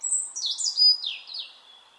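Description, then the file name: European robin singing a short, high, liquid phrase of glissading whistles that drop in pitch and trail off into a thin sustained note. "Erithacus rubecula"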